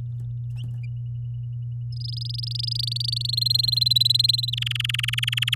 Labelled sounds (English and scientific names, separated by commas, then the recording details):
Domestic Canary (Serinus canaria) song
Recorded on 8 May 2018 at 12:54
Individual llb16